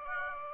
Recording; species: mosquito wingbeat signal from an infrared sensor; Aedes aegypti